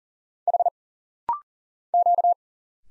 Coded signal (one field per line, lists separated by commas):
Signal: Morse code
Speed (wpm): 39 wpm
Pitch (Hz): 700 Hz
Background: none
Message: H Q